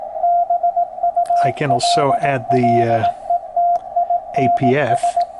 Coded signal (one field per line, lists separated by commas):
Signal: Morse code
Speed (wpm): 18 wpm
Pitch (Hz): 700 Hz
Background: speech, radio noise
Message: BULLETINS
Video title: Yaesu FT-1000D classic high-end ham transceiver